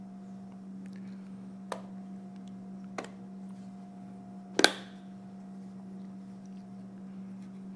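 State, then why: Seated. A plastic inner cover is pressed down onto the housing of a Fluke 88V digital multimeter during reassembly, after a wire has been routed out of the way. Faint ticks come at about 1.7 s and 3.0 s over a steady low hum, then a sharp double snap at 4.6 s and 4.6 s. The cover snaps into place and is seated.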